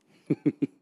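Three quick, low gurgling rumbles come in rapid succession within under a second, over a quiet room. This is stomach growling (borborygmi), the ordinary sound of gas and fluid moving through the gut.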